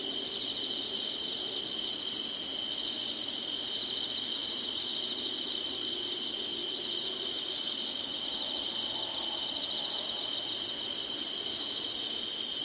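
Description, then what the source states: Insects in a continuous high shimmering chorus, with a couple of louder swells early on. Singing, in summer.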